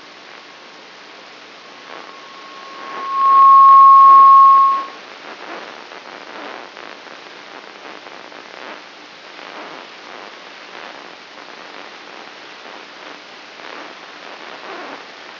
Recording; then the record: brain microelectrode recording played as sound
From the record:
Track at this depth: outside the subthalamic nucleus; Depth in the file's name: 8.704 mm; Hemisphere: left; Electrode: 3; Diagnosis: Parkinson's disease